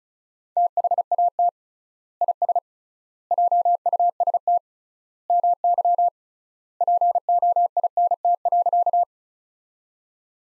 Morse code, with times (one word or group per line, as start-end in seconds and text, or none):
0.6-1.5 THAT
2.2-2.6 IS
3.3-4.6 JUST
5.3-6.1 MY
6.8-9.0 POINT.